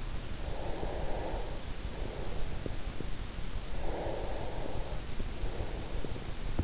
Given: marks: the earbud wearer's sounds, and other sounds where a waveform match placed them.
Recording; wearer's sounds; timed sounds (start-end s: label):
sounds in sleep by an in-ear microphone; breath
0.14-3.13 s: breath
3.62-6.58 s: breath